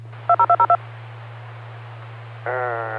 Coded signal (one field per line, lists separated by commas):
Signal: DTMF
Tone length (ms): 80 ms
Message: 20202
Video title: Friday Night Fun Net | Amateur Radio Worldwide Live Stream Radio | KD9MED